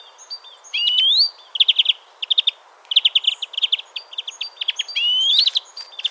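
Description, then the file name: European greenfinch giving rapid trilled chip series near the same pitch, broken by two slurred rising wheezy notes, one early and one near the end. "Chloris chloris"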